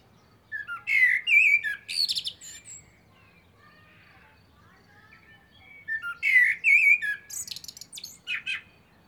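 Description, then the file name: Common blackbird song: two fluted, warbling phrases, each closing with squeaky high twitters, with a quiet gap between them. "Turdus merula"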